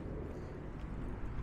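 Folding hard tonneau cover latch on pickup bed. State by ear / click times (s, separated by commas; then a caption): not seated / none. A Bak Flip MX4 folding hard tonneau cover on a 2021 Ram 1500 pickup bed with a multi-function tailgate is being handled, with its clamps about to lock down on the bed. Only a steady, low, rumbling background noise is heard, with no distinct impacts. Nothing has seated or clicked yet.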